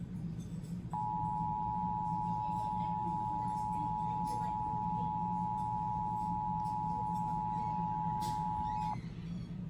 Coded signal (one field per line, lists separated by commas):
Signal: Emergency Alert System (SAME) tones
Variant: 853 and 960 Hz attention tone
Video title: Rutherford SVR on NPT (EAS 425, READ DESC)